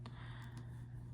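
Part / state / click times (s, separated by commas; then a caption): plastic safety eye backing washer on a crocheted bag / seated / 0.1 s. A plastic safety eye backing washer is pushed onto the eye's ridged post through the crocheted fabric of a bag, giving a short, sharp click at 0.1 s as it seats. A steady low hum continues underneath, and the washer is left seated on the post.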